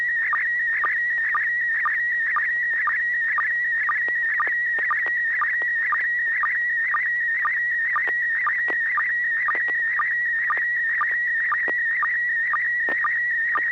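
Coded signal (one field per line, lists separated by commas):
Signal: SSTV (slow-scan television)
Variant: PD120 mode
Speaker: ai 60g you're the first one i heard would you uh are you ready to send an image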